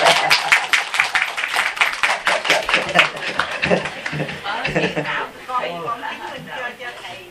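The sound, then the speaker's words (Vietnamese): An audience at a Buddhist temple claps in a dense, steady burst of applause for about five seconds, then the clapping thins out as a voice begins talking over its fading tail. “Hết rồi, ngon quá, cho tiếng vỗ tay.”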